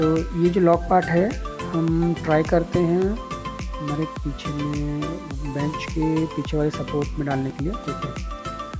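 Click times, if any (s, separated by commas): none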